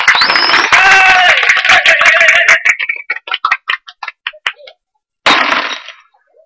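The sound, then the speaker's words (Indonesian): A single drinking glass smashes in the morning with a loud, bright crash and ringing tones, then scattered shards tinkle and clatter, fading out before a short silence and a second harsh burst. “Pagi-pagi begini, punya gelas satu-satunya pecah semuanya.”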